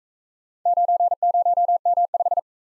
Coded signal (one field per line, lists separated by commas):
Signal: Morse code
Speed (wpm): 43 wpm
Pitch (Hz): 700 Hz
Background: none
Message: 90M5